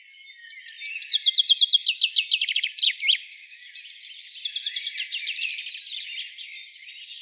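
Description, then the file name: Common chaffinch song: a loud series of chirpy trill notes ending in a flourish, followed by a softer, similar phrase. "Fringilla coelebs"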